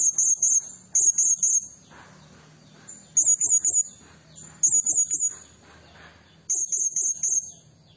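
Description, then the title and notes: Blue-crowned hanging parrot giving repeated clusters of three or four sharp, high-pitched notes separated by pauses. Lure recording for training and attracting birds; energetic 'nembak gacor' singing style meant to excite other birds. "Burung Serindit Nembak Gacor Bikin Emosi Semua Burung. Suara Nasteran Dan Pemikat Burung Serinditan Gacor"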